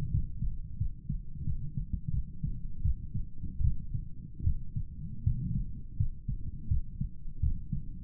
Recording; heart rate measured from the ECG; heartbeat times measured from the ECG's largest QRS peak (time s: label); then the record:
heart sounds by stethoscope; 82 bpm
0.10 s: heartbeat
0.77 s: heartbeat
1.44 s: heartbeat
2.11 s: heartbeat
2.82 s: heartbeat
3.61 s: heartbeat
4.43 s: heartbeat
5.23 s: heartbeat
5.97 s: heartbeat
6.68 s: heartbeat
7.40 s: heartbeat
From the record:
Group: healthy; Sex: male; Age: 35 years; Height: 178 cm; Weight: 64 kg